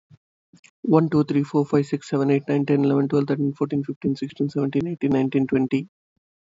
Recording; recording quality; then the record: counting at a fast pace; excellent, no background noise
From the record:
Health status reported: healthy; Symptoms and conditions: none ticked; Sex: male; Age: 35 years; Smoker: not ticked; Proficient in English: yes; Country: India